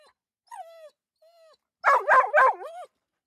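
Dog whining and barking: two thin whines, then a quick run of three harsh barks ending in another whine.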